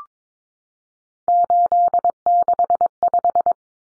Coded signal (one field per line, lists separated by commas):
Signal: Morse code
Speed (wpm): 22 wpm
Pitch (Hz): 700 Hz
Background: none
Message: 865